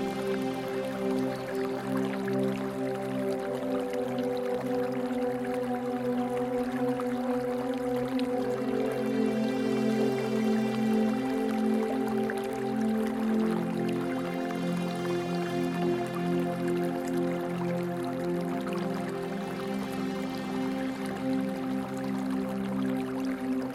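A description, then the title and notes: A steady wash of trickling water runs under a slow, sustained synth drone with layered low and middle tones. Around the middle the tones glide and shift to new pitches, and the music settles again near the end while the level stays even throughout. Relaxing water stream sounds with cosmic relaxing music. Soothing water stream sounds gracefully intertwine with cosmic relaxing music. Water stream sounds and cosmic music.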